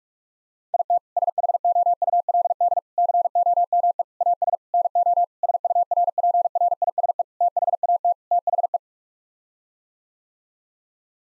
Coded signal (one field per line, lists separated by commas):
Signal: Morse code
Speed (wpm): 47 wpm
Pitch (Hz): 700 Hz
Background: none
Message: IT SHOULD COME AS NO SURPRISE THAT THE